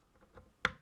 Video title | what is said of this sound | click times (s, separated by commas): Installation and review of the Energy BTS 2.1 sound system | and that just clicks right in there and that'll stay right there | 0.6 s